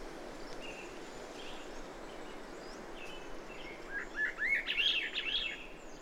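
Bird song: a short burst of rapid, high warbled notes in the last two seconds, with faint thin whistles earlier over steady background hiss.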